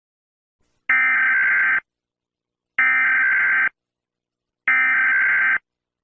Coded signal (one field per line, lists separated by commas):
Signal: Emergency Alert System (SAME) tones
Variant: header bursts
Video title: 🌈🎨 | Bob Velseb: EAS scenerio #1